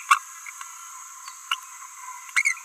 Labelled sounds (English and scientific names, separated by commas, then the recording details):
Green-rumped Parrotlet (Forpus passerinus) babbling
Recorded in a nest box in Venezuela
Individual 18B17A4